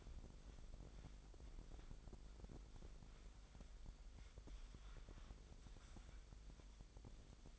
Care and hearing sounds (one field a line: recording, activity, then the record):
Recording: daily activity, microphone in the room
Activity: wipe stove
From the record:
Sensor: 5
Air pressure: 1001.0 hPa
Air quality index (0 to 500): 246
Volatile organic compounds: 34 ppm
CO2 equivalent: 3040 ppm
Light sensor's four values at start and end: 28/64/26/25 and 30/68/27/26